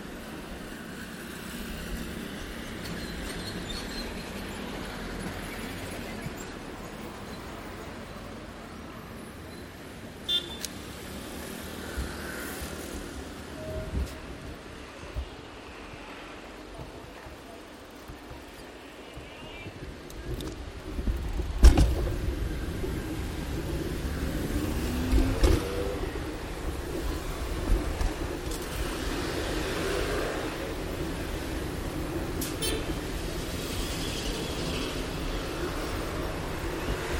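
A ride by bicycle through central Bogotá, with a steady wash of low traffic rumble throughout. Brief knocks and clatters punctuate it around 10, 22 and 25 seconds, the loudest a sharp bang near 22 seconds, and the street noise thickens somewhat in the second half.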